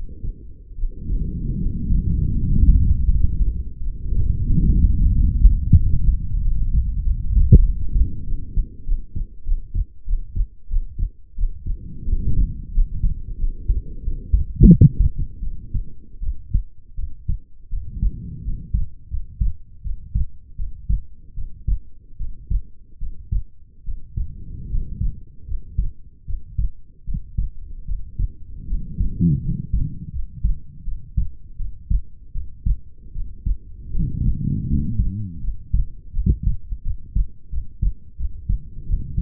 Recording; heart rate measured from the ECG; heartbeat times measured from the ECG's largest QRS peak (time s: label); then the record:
heart sounds by stethoscope; 83 bpm
0.75 s: heartbeat
1.57 s: heartbeat
2.34 s: heartbeat
3.07 s: heartbeat
3.81 s: heartbeat
4.49 s: heartbeat
5.11 s: heartbeat
5.74 s: heartbeat
6.40 s: heartbeat
7.02 s: heartbeat
7.62 s: heartbeat
8.24 s: heartbeat
8.84 s: heartbeat
9.44 s: heartbeat
10.05 s: heartbeat
10.68 s: heartbeat
11.36 s: heartbeat
12.06 s: heartbeat
12.72 s: heartbeat
13.38 s: heartbeat
14.02 s: heartbeat
14.67 s: heartbeat
15.40 s: heartbeat
16.20 s: heartbeat
16.95 s: heartbeat
17.69 s: heartbeat
18.42 s: heartbeat
19.08 s: heartbeat
19.82 s: heartbeat
20.56 s: heartbeat
21.34 s: heartbeat
22.17 s: heartbeat
22.98 s: heartbeat
23.84 s: heartbeat
24.68 s: heartbeat
25.45 s: heartbeat
26.25 s: heartbeat
27.04 s: heartbeat
27.85 s: heartbeat
28.66 s: heartbeat
29.40 s: heartbeat
30.11 s: heartbeat
30.83 s: heartbeat
31.56 s: heartbeat
32.32 s: heartbeat
33.12 s: heartbeat
33.92 s: heartbeat
34.66 s: heartbeat
35.40 s: heartbeat
36.12 s: heartbeat
36.82 s: heartbeat
37.49 s: heartbeat
38.16 s: heartbeat
38.85 s: heartbeat
From the record:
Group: healthy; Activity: rest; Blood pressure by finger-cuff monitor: 108/69 mmHg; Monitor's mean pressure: 85 mmHg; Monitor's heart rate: 81 bpm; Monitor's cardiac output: 7 L/min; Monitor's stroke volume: 89 mL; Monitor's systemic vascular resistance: 880 dyn s/cm5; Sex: female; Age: 22 years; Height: 160 cm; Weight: 45 kg